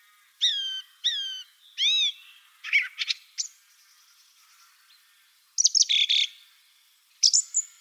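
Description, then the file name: Song thrush song: loud, clear whistled phrases, the first phrase repeated, then harsher twittering notes and squeaky high figures after a pause. "Golosa ptic - Drozd pevchij"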